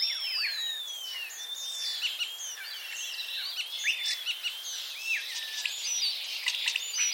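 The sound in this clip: Common starling giving long, descending slurred whistles mixed with clicks and scratchy notes, several sounds overlapping.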